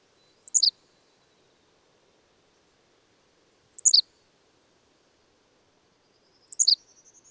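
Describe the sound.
Bird repeating a high four-note phrase that slides downward, three times in a row, with a thin faint whistle rising beside the last one.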